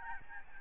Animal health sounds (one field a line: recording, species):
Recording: mosquito wingbeat signal from an infrared sensor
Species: Aedes albopictus